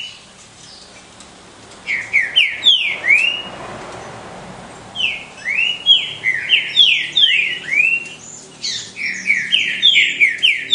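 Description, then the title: Green-winged saltator song: repeated bursts of slurred whistled notes in quick succession. Birds competing in song. "Canto De Trinca Ferro Voz 06. TRINCA FERROS COMPETINDO"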